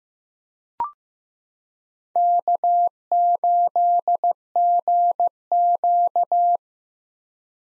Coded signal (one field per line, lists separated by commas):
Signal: Morse code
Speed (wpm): 15 wpm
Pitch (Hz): 700 Hz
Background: none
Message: K8GQ